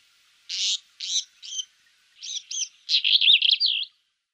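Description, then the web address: Black-eared wheatear singing a scratchy phrase of harsh notes, a pause, then a quick twittering burst ending in a buzzy warble. "Schulze Peter Black-eared Wheatear song"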